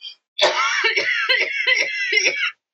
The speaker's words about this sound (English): I can't laugh without coughing, apparently.